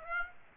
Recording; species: mosquito wingbeat signal from an infrared sensor; Aedes aegypti